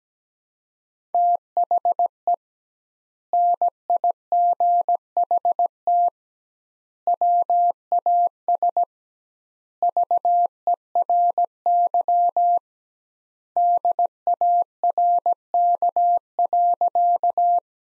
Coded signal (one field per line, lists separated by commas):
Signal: Morse code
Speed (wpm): 17 wpm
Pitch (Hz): 700 Hz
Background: none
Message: THE NIGHT WAS VERY DARK.